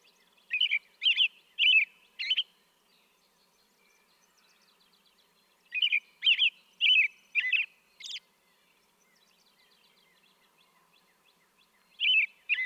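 American robin song: short bursts of four to five rich, warbled whistled phrases, each burst separated by several seconds of quiet.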